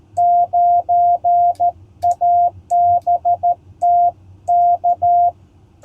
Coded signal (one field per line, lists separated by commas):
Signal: Morse code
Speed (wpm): 13 wpm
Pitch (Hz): 700 Hz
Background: none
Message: 9ABT K